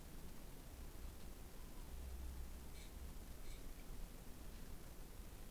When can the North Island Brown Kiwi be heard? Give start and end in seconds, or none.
none